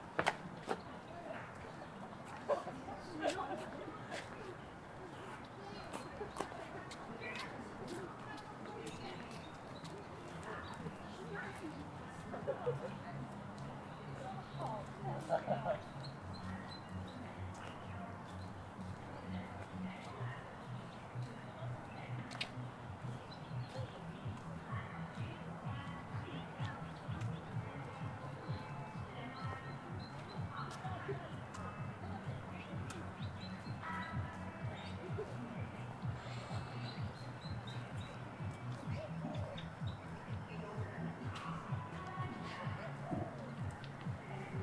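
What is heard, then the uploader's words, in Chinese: A soundscape at Ditan, Beijing: a steady, dense murmur of many voices talking at once, with no pauses across the whole stretch. Frequent short clicks and taps scatter throughout, and faint bird calls, possibly pigeons cooing, surface now and then. 城市声音。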